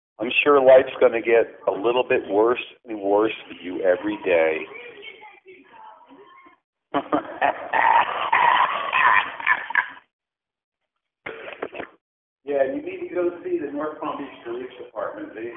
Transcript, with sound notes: I’m sure life is going to get a little bit worse and worse for you every day. (Maniacal laughter) Yeah, you need to go see the North Palm Beach Police department.